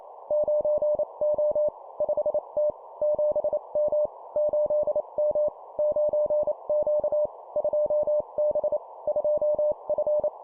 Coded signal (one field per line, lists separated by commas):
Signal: Morse code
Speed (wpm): 28 wpm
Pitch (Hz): 600 Hz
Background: none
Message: 9O 5T 7M 8M 9Q 2B 2F